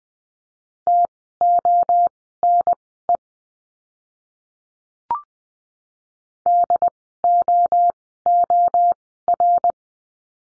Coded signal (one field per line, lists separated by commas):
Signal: Morse code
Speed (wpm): 20 wpm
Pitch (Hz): 700 Hz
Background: none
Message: TONE DOOR